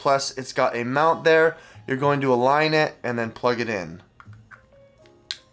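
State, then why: Seated. Someone talks, then a dash camera body is lined up with its USB-C windshield mount and connector and pushed on, with a few faint handling clicks before it. It seats with a sharp snap at 5.3 s, locking the camera and mount together as one solid unit.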